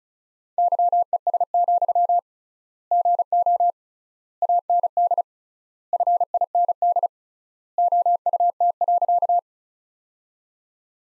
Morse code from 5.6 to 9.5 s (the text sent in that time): FIND OUT.